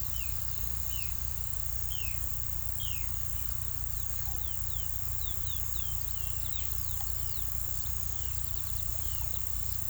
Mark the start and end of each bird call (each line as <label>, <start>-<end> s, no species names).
bird call, 0.09-3.13 s
bird call, 3.85-7.43 s
bird call, 8.23-9.89 s